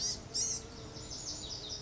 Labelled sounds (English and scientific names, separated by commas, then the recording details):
Blue-gray Gnatcatcher (Polioptila caerulea)
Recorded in Sonoma County, California